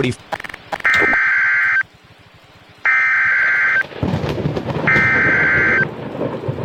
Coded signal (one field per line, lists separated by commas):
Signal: Emergency Alert System (SAME) tones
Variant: header bursts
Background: speech